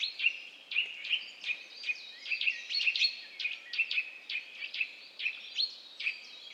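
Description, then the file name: Eurasian nuthatch calling steadily: a series of short, sharp high notes. "Sitta europaea"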